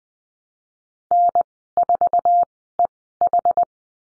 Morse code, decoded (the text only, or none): N4EH